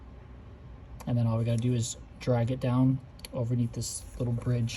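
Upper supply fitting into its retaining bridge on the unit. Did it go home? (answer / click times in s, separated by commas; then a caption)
no / none. An upper supply fitting on a B8304 unit, already plugged into the upper supply, is handled and dragged down toward a small retaining bridge during an upper supply replacement while someone talks. Nothing has seated or clicked yet; the fitting is not yet locked in place.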